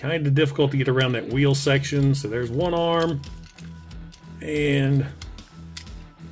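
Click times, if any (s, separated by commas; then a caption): 5.8 s. Someone talks while working the second plastic arm of a 1998 Beast Wars Transmetal Tarantulas action figure around the wheel section and into the torso, with a few small taps and clicks from about 3.5 to 4.1 s. The arm clicks into place at 5.8 s, and both arms are attached.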